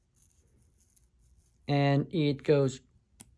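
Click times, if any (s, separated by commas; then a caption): none. A cord easy-adjuster on a Hunter Douglas Duette Top-Down/Bottom-Up LiteRise cellular shade is handled, being pushed and pulled toward its seat in the shade's bottom rail. Faint soft handling ticks are heard early, then someone talks from about 1.7 to 2.8 seconds. Nothing has seated or clicked yet.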